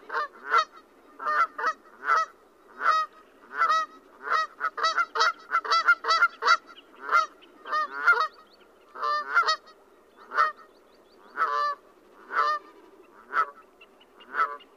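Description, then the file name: Canada goose honking: a long series of nasal honks, crowded together in the middle, then more widely spaced toward the end. "Canada Goose Branta canadensis"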